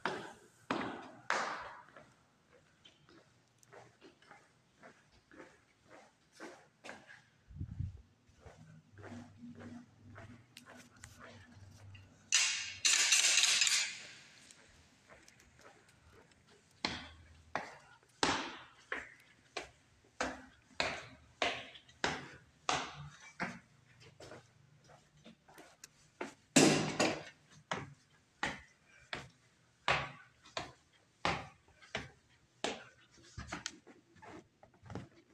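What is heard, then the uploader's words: Sharp footsteps click at a steady pace through most of the clip, growing regular and quicker after the midpoint. A low hum runs underneath early on, a crinkly plastic rustle bursts in around thirteen seconds, and a louder bang lands near twenty-seven seconds. As well as elevator sounds, walking, trash bags and doors.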